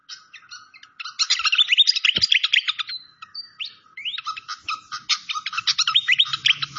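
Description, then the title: Malaysian pied fantail song, a dense run of rapid high chirps and sweeping whistled notes, pausing briefly near three seconds before resuming just as busily. Clear-voiced song, used as a masteran training recording. "Masteran Sikatan Kipas Suara Jernih Dan Suara Gemericik Air"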